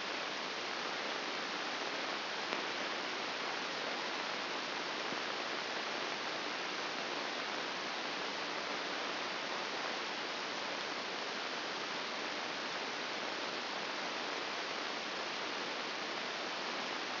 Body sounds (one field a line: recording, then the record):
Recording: brain microelectrode recording played as sound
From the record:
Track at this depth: inside the subthalamic nucleus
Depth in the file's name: 5.661 mm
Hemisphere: left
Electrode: 2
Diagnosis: Parkinson's disease